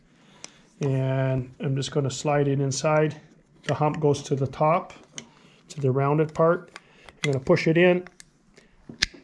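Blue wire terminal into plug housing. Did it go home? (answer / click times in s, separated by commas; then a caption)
yes / 9.0 s. A blue wire terminal, hump side up toward the rounded top, is slid and pushed into a plastic plug housing for an ATV electric winch install while someone talks. A sharp click at 9.0 s marks the terminal seating in the housing, and it is connected.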